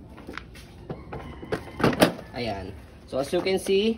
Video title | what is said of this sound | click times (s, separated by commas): Doona + Stroller Carseat with latch base and padded bag | nag-green na siya Gan din sa kabilang side nag-green na rin indication na naka-lock na siya | 0.4 s, 1.8 s